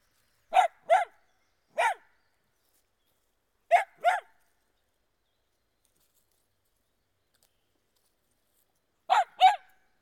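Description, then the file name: Dachshund barking in short bursts: a quick double bark, a single, another double, then after a quiet gap a last pair of yaps. Barking outdoors. "Digiffects Sound Effects Library - Dachshund Dog Barking Outdoors"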